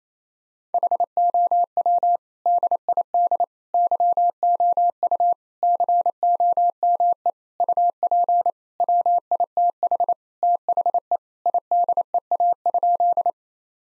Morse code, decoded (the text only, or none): HOW DID YOU COME UP WITH THE IDEA?